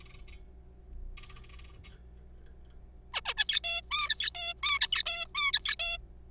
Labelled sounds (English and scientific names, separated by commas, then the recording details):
Zebra Finch (Taeniopygia guttata)
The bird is a juvenile
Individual R3428